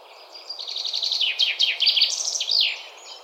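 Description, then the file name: Common chaffinch song: a rapid chain of high, slurred notes closing with a sharp terminal flourish, over a low background hiss. "Fringilla coelebs"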